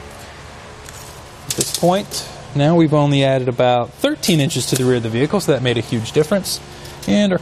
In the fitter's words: pull it towards you and simply push up until you hear that click again